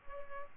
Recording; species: mosquito wingbeat signal from an infrared sensor; Culex pipiens